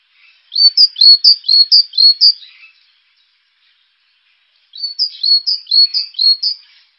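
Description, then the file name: Great tit song: two bright phrases of several repeated two-note whistled units, separated by a pause of about two seconds, with a quiet background. "Kohlmeise"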